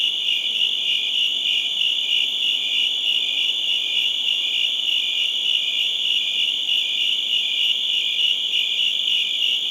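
Crickets trill without pause, a high, dense, slightly throbbing chorus with nothing else clearly heard.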